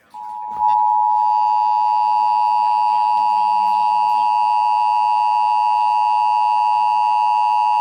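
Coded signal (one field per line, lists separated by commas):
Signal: Emergency Alert System (SAME) tones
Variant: 853 and 960 Hz attention tone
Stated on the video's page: Ohio required monthly test SAME tones on EAS/NOAA Weather Radio, relayed by several stations including WLW.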